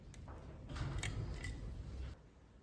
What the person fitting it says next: There we go. It's just clicked into place.